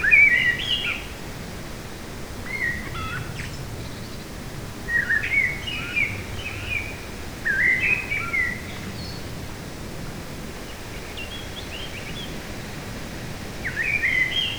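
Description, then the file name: Eurasian blackbird song of short fluty phrases with squeaky endings, scattered throughout with gaps of one to a few seconds, fairly quiet against a steady outdoor hiss. Recorded in a forest on 8 July 2018. "180708 blackbird forest"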